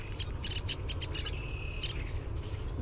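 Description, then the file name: Downy woodpecker giving sharp, high, short peek notes in a quick irregular series, then a brief steady whistled tone, over a low rumbling background. "DOWO peek"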